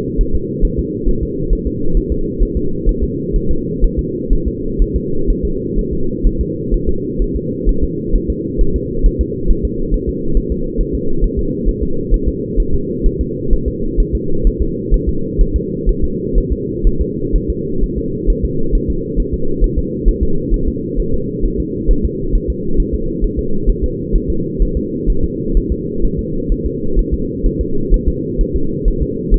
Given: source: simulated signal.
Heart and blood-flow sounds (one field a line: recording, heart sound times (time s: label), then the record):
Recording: fetal heart sounds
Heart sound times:
0.21 s: S1
0.35 s: S2
0.65 s: S1
0.79 s: S2
1.09 s: S1
1.23 s: S2
1.53 s: S1
1.67 s: S2
1.97 s: S1
2.12 s: S2
2.43 s: S1
2.57 s: S2
2.89 s: S1
3.03 s: S2
3.36 s: S1
3.51 s: S2
3.84 s: S1
3.99 s: S2
4.33 s: S1
4.48 s: S2
4.82 s: S1
4.96 s: S2
5.30 s: S1
5.45 s: S2
5.78 s: S1
5.93 s: S2
6.27 s: S1
6.41 s: S2
6.74 s: S1
6.89 s: S2
7.22 s: S1
7.37 s: S2
7.69 s: S1
7.84 s: S2
8.16 s: S1
8.30 s: S2
8.61 s: S1
8.76 s: S2
9.06 s: S1
9.21 s: S2
9.50 s: S1
9.65 s: S2
9.94 s: S1
10.09 s: S2
10.37 s: S1
10.52 s: S2
10.81 s: S1
10.95 s: S2
11.24 s: S1
11.39 s: S2
11.69 s: S1
11.83 s: S2
12.14 s: S1
12.28 s: S2
12.60 s: S1
12.75 s: S2
13.06 s: S1
13.21 s: S2
13.53 s: S1
13.68 s: S2
14.00 s: S1
14.15 s: S2
14.47 s: S1
14.62 s: S2
14.94 s: S1
15.09 s: S2
15.41 s: S1
15.56 s: S2
15.89 s: S1
16.04 s: S2
16.38 s: S1
16.52 s: S2
16.87 s: S1
17.01 s: S2
17.36 s: S1
17.50 s: S2
17.84 s: S1
17.98 s: S2
18.30 s: S1
18.45 s: S2
18.75 s: S1
18.90 s: S2
19.20 s: S1
19.34 s: S2
19.64 s: S1
19.78 s: S2
20.09 s: S1
20.23 s: S2
20.54 s: S1
20.68 s: S2
21.00 s: S1
21.14 s: S2
21.45 s: S1
21.60 s: S2
21.91 s: S1
22.05 s: S2
22.35 s: S1
22.50 s: S2
22.80 s: S1
22.94 s: S2
23.24 s: S1
23.39 s: S2
23.69 s: S1
23.84 s: S2
24.16 s: S1
24.30 s: S2
24.62 s: S1
24.77 s: S2
25.10 s: S1
25.24 s: S2
25.57 s: S1
25.72 s: S2
26.05 s: S1
26.19 s: S2
26.52 s: S1
26.66 s: S2
26.99 s: S1
27.14 s: S2
27.46 s: S1
27.61 s: S2
27.94 s: S1
28.09 s: S2
28.41 s: S1
28.56 s: S2
28.88 s: S1
29.03 s: S2
29.34 s: S1
From the record:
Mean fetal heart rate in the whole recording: 130 bpm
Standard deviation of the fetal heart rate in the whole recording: 4 bpm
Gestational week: 38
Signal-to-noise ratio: -8.1 dB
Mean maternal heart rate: 72 bpm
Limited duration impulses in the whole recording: absent